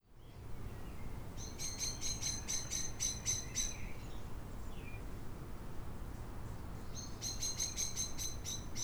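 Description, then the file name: Common blackbird giving rapid, hard clicking notes in two bursts, over a steady low rumble of background noise. "Turdus merula"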